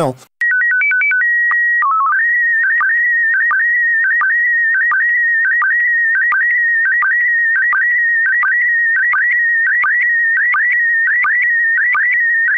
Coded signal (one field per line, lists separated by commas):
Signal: SSTV (slow-scan television)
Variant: PD 90